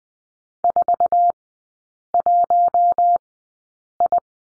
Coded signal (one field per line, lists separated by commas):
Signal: Morse code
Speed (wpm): 20 wpm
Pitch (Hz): 700 Hz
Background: none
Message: 41I